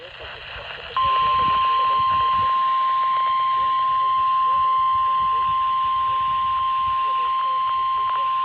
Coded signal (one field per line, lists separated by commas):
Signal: Emergency Alert System (SAME) tones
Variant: 1050 Hz attention tone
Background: speech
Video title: KDO89 Required Tweakly Test. 9/24/25 EAS #498